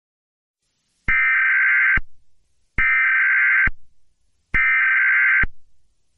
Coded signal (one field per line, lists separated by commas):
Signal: Emergency Alert System (SAME) tones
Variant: header bursts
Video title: Garfield And Friends: Speed Trap - EAS Scenario TEST